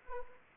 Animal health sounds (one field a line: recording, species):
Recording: mosquito wingbeat signal from an infrared sensor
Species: Anopheles arabiensis